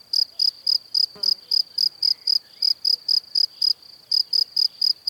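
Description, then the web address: Cricket chirping steadily, short high pulses about four per second with a brief pause near four seconds. "Kurs PTTK Przyroda Ptaki Świerszcze"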